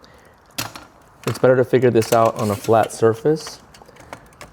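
A flip lock clamp on an extended tripod leg is snapped shut, giving one sharp click at 0.6 s as the clamp locks closed. Someone then talks, with a few faint ticks near the end.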